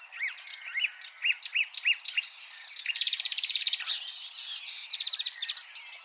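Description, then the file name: Marsh warbler song: several arched whistled notes, then fast chattering trills and rattling runs, all in a quick continuous stream. "suara-kicauan-burung-marsh-warbler -omkicau"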